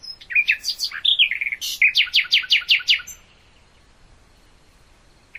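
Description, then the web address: Common nightingale song: a tumbling run of sweet whistled notes, then a rhythmic series of several sharp, repeated chirps, followed by quiet. "hoeren nachtigall"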